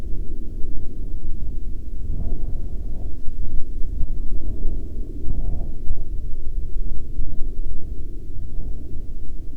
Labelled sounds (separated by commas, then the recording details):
wind, aircraft
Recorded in the Prudhoe Bay oil fields, Alaska, on 25 July 2019 at 16:35
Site 21